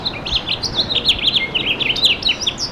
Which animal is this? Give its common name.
House Finch